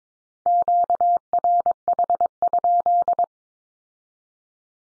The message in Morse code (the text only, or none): QRH?